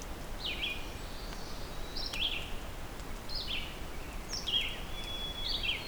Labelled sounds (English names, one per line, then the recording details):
Red-eyed Vireo song
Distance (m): 35 m
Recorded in boreal forest in Alberta, Canada, on 4 June 2016 at 08:48
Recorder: SongMeter 3, array SBT-3-51
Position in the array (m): 29 m, 91 m